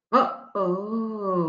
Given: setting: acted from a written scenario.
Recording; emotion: vocal sound without words; disappointment